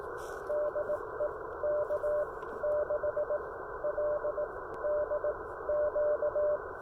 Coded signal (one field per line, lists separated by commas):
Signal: Morse code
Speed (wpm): 19 wpm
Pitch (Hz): 600 Hz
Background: none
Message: DE K6LDQ